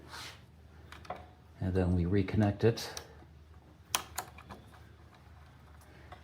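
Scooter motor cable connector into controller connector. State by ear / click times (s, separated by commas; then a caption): seated / 3.9 s. Someone talks while the plastic connector on the hub motor cable of a Razor Black Label E90 scooter is pushed back into the scooter's controller connector. A sharp click at about 4.0 s marks the locking tab latching, and the connector is seated, with a few softer handling taps following.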